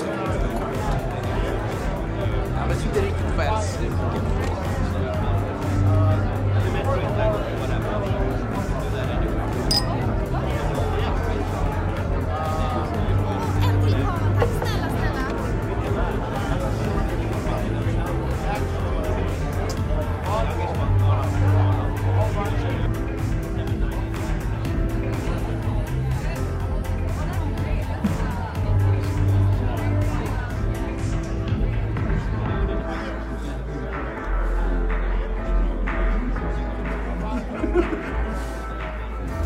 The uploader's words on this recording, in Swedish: Baren. En timme sorlande barljud.